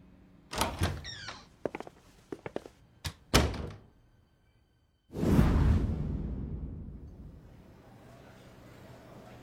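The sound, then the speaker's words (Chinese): A door is worked open with a series of sharp clicks and thunks as someone walks out, then after a short pause it swings shut with a loud whooshing thud that trails off in a low rumble. “金枝点了点头，替元也点了点头，开门走了出去。”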